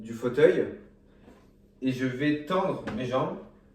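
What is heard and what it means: A paraplegic user moves his legs out of a wheelchair and begins to straighten one leg in a long leg brace (orthosis) whose knee lock joint locks in extension. Someone talks throughout, with faint handling sounds in the pauses. Nothing has locked or clicked yet by the end of the clip.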